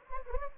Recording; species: mosquito wingbeat signal from an infrared sensor; Anopheles gambiae